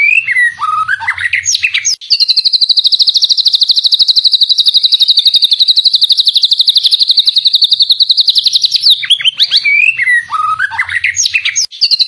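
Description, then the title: White-rumped shama giving swooping whistles, then a long, steady rapid trill lasting about seven seconds, followed by more varied sliding notes. Song used as a tutor recording (masteran) to train cage songbirds. "Masteran Murai Batu"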